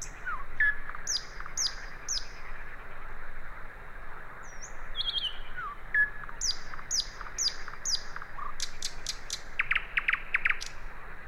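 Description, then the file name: Common nightingale song of repeated high whistled notes in series, slurred phrases, and a closing burst of rapid sharp notes with a buzzy rattle, over background hiss. "Luscinia megarhynchos"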